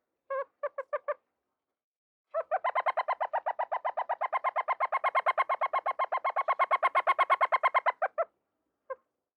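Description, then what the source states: Pale chanting goshawk chirping: a few quick notes, a pause, then a long rapid even series of piping chirps lasting about six seconds, ending with one lone note. A high chirp.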